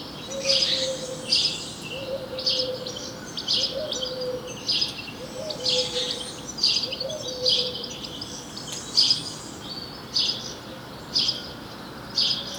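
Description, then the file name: House sparrow chirping, short bright chirps repeated about every second over steady background noise. "Passer domesticus"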